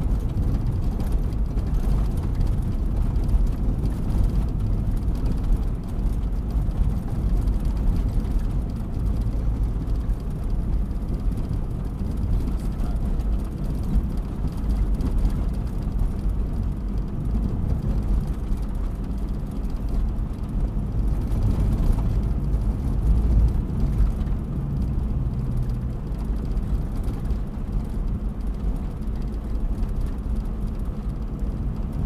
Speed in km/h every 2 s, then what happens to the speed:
42, 43, 45, 46, 47, 47, 48, 50, 50, 50, 50, 50, 51, 52, 52, 53.
0-32 speeds up to 53.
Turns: none.